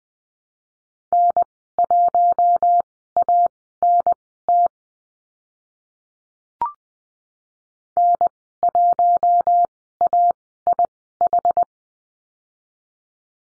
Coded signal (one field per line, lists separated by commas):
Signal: Morse code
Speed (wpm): 20 wpm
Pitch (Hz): 700 Hz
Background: none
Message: N1ANT N1AIH